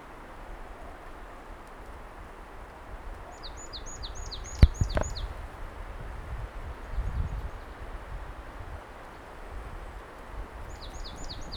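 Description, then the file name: Marsh tit giving brief bursts of high, clipped, downward notes, a rapid series of about seven and a shorter later one, with a few sharp clicks and low rumble. "Poecile palustris"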